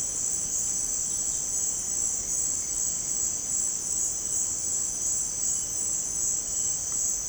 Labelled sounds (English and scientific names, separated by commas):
none